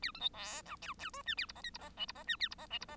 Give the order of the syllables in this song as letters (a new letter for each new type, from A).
A B C D E F F G H A I J K I J L I J H A I J L I J